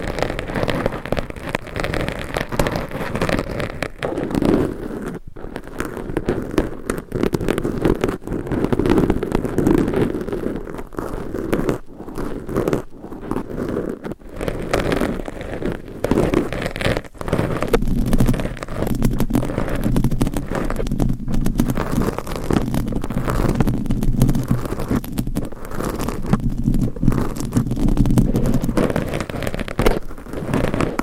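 Layered scratching and rubbing against a microphone fills the whole recording, a dense, continuous scraping texture with brief dropouts and sharp clicks scattered throughout. The sound is mostly low and thick, with a steady low hum joining in during the second half.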